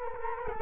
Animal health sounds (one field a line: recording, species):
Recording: mosquito wingbeat signal from an infrared sensor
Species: Culex quinquefasciatus